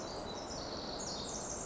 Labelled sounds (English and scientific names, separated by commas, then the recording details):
Pacific Wren (Troglodytes pacificus)
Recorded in Sonoma County, California